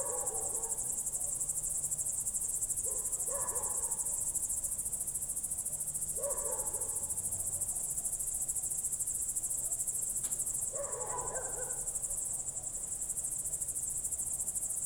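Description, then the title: Crickets chirp in a steady, high, pulsing chorus throughout, while brief lower sounds appear several times in the background. Crickets recorded at night through a window in Goworów, Poland, late evening of 18 July 2022, World Listening Day; Zoom F4, AT BP4025. "Goworów 6, 57-515, Poland - World Listening Day/Night 18/07/2022-night crickets"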